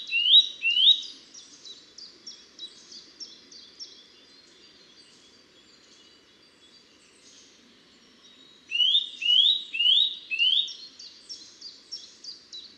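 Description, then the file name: Eurasian nuthatch calling: loud rising whistled notes in quick bursts of two to four, with a thin series of short high notes between the bursts. "Sitta europaea"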